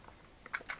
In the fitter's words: then those should go in and lock in place as well